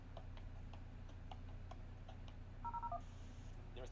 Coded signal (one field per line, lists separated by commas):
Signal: DTMF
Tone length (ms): 70 ms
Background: speech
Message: 0001